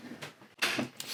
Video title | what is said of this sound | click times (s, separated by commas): Tiny Home For the WHOLE Family! - 2025 Campsite Reserve 20JW - RV Review | this locks into place. | 1.0 s